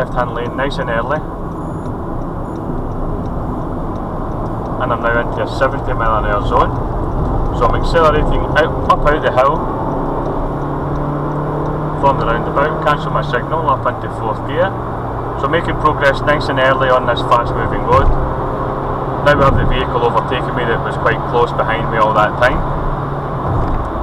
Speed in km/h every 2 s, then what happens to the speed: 55, 56, 66, 69, 74, 84, 89, 92, 95, 100, 103, 105.
3-24 speeds up to 105.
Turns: none.